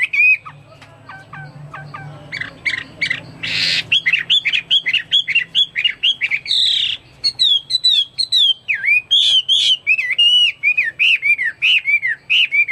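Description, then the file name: Chinese hwamei with soft chips and a noisy burst, then a long, loud sequence of repeated curving whistles, varied in pitch and pattern. "omkicau hwamei"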